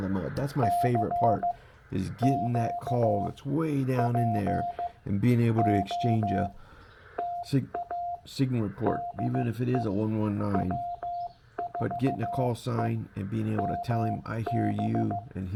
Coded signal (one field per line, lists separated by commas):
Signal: Morse code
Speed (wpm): 15 wpm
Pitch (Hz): 700 Hz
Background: speech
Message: CQ POTA DE W4EMB